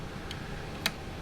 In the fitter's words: Press it in. Twist until you hear a click.